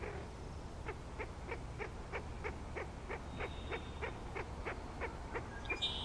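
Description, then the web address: Frog repeating short pulsed notes about three times a second, a faint whistle and a brief bird chirp near the end. Frog chorus recorded at Grafton Lake on 3 May 2009. "The Frog Chorus Tunes Up On Grafton Lake"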